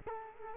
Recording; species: mosquito wingbeat signal from an infrared sensor; Culex quinquefasciatus